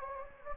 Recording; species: mosquito wingbeat signal from an infrared sensor; Anopheles gambiae